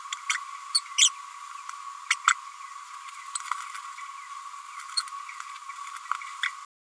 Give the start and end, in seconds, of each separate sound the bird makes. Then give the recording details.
0.74-0.80, 0.98-1.10, 2.10-2.15, 4.96-5.01. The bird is a female. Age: 32 days. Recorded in a nest box in Venezuela. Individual 17B102A5